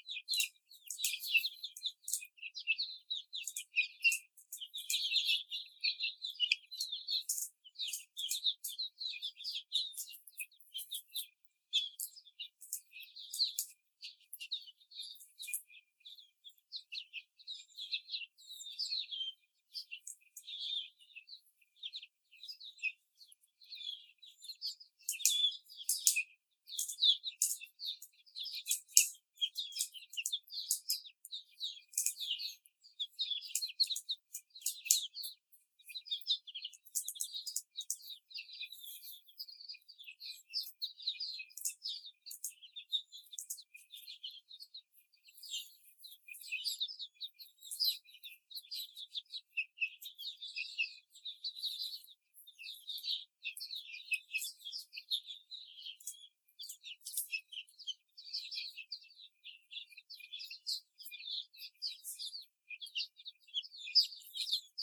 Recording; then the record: young laying hens in a cage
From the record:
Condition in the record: before the stressor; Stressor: simulated dog barking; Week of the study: 4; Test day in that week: 2